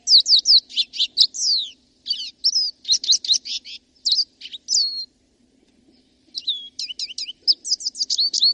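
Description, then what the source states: Lesser Goldfinch giving a hurried, twittery song of high chips and slurred whistled notes, broken by short gaps. Song heard all summer long; bird eats tiny seeds such as millet and dandelion.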